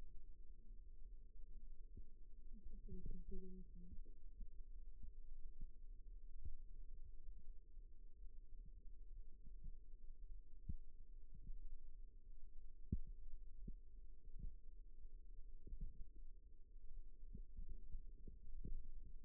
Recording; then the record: forearm muscle sounds (acoustic myography)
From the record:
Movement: rest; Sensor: system 2, bracelet of six BSWA MPA416 microphones around the upper forearm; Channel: 3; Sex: male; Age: 22 years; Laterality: right